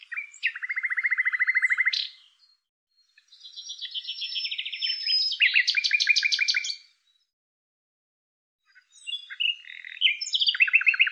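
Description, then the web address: Bird song made of fast buzzy trills: a low steady trill, then higher rattling phrases, a pause, and more quick trilled notes near the end. "Deverinetal 2025"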